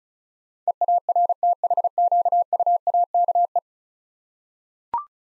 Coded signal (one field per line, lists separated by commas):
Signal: Morse code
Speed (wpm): 36 wpm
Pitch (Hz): 700 Hz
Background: none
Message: EARTHQUAKE